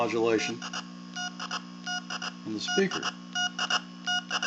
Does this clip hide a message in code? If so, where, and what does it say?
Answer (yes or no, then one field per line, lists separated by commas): no